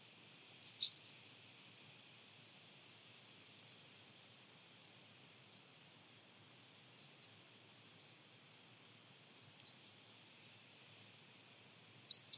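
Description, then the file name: Marsh tit giving sharp, high, short call notes scattered throughout, some louder explosive notes near the start and end, over a steady pulsing insect trill. "Poecile palustris"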